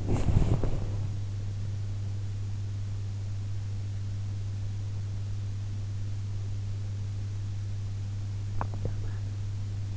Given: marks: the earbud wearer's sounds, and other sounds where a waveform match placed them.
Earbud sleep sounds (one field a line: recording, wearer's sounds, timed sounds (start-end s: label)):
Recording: sounds in sleep by an in-ear microphone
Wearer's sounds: body movement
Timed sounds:
0.00-1.25 s: body movement